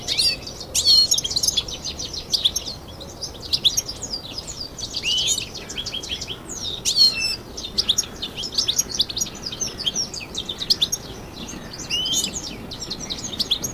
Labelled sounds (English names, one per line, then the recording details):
European Goldfinch song
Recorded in captivity
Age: adult
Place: Zoo Berlin, Berlin, DE
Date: 2001-03-20 13:34
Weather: partly sunny, 0 - 2°C
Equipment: Nagra SN, Kopie Uher 4000 Report Monitor
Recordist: Tembrock, Günter
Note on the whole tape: Gesang (gekäfigtes Exemplar), Entfernung ca. 1 m